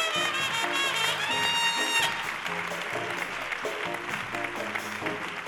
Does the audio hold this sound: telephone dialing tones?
no